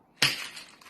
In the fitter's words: you go hit it click sound and that's how you know that you've done a good job